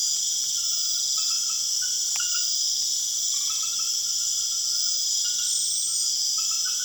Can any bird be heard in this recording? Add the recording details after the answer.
no. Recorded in secondary vegetation near Puerto Asís, Putumayo, Colombia, on 25 June 2025. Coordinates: 0.488, -76.319. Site G094